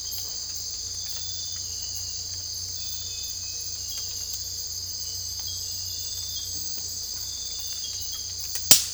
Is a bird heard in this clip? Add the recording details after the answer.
no. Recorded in dense forest near Puerto Asís, Putumayo, Colombia, on 22 December 2024 at 03:00. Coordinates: 0.485, -76.318. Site GP03